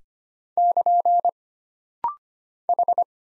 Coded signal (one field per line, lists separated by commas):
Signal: Morse code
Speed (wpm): 25 wpm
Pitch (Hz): 700 Hz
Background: none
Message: <KN> H